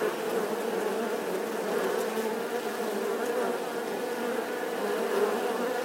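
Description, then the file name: Wasp swarm humming steadily, a dense, even buzz of many wings. A swarm of wasps buzzing outside their nest. "Tieng bay ong vo ve ngoai to"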